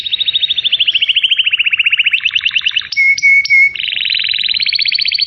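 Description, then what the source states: Canary song: long rapid trills that shift pitch, three short steady whistled notes in the middle, then another fast rolling trill rising at the end. Song used as a lure to attract birds.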